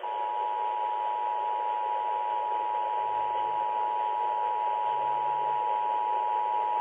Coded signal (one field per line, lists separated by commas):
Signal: Emergency Alert System (SAME) tones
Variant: 853 and 960 Hz attention tone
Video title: Louisiana Required Monthly Test (EAS #1690)